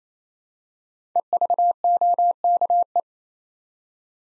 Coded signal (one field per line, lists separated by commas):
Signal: Morse code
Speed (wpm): 27 wpm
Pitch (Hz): 700 Hz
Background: none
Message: EVOKE